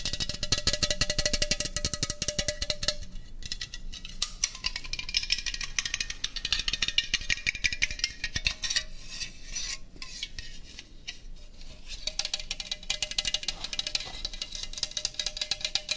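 Eating a döner with Coca-Cola: a dense, steady run of crisp clicks, rustles and scraping sounds fills most of the sixteen seconds. The bright crackle thins briefly around the third and ninth seconds, and a faint ringing tone holds underneath at the start and end.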